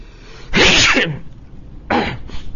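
A single loud, explosive sneeze with a sharp breathy burst, followed about a second later by a couple of shorter, softer bursts of breath or sniffing.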